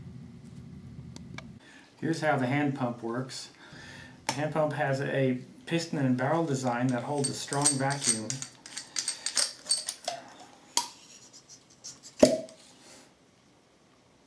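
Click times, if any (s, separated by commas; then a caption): 10.8 s. A gas detection hand pump's piston is pulled out of its barrel, with no tube in the inlet, until it locks in place at the 100 cc mark. Someone talks first, then a series of light rattling clicks follows, and a sharp lock click at 10.8 s shows the piston has seated at full stroke.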